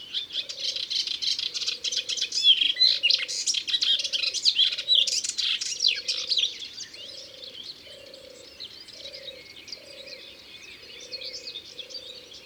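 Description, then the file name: Melodious warbler pouring out a busy twittering song that fades to softer scattered notes, over a low hum repeating in short pulses. Recorded in Ardèche. "Hypolais-Polyglotte Ardeche"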